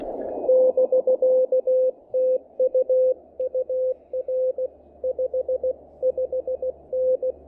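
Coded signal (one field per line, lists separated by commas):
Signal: Morse code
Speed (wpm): 17 wpm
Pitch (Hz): 500 Hz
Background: radio noise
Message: <BK> TU UR 55N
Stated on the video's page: Morse from a QRP field activation with an Elecraft KH1 and a kit-built no-transformer random wire antenna.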